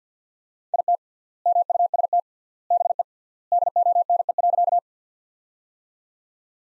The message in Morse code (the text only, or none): IT MUST BE DONE.